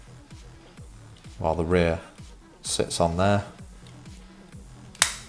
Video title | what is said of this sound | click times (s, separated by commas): PRIME UNIVERSE Transformers Legacy KNOCKOUT Review! | it should just click into place like that | 5.0 s